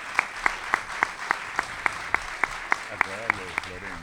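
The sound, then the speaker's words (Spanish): Applause with a steady, regular beat of sharp claps over a soft wash of background clapping, as an audience welcomes two panelists at a talk; a voice begins talking over it near the end. “Así que los recibimos con un gran aplauso a Pablo Caruso y Eduardo Aliberti.”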